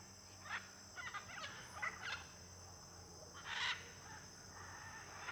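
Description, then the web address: Blue-and-yellow macaw flock calling with short grating squawks, a few spaced bursts and one louder call late, under continuous shrill cricket trilling. Flock of macaws in an area with many palm trees, with crickets audible. "Conjunto de Araras em Area de Muitas Palmeiras e ruidos de grilo. arara caninde"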